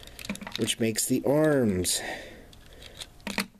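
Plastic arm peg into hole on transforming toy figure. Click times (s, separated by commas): 0.3 s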